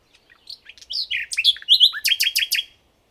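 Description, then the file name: Common nightingale song: varied whistled and chirping notes leading into a fast series of loud, sharp downslurred notes, then stopping. "Luscinia megarhynchos"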